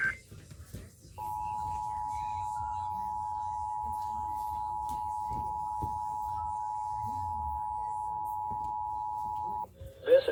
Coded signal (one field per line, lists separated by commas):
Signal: Emergency Alert System (SAME) tones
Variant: 853 and 960 Hz attention tone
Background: speech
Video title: (EAS #214-224) Required Monthly tests from 3/7/2022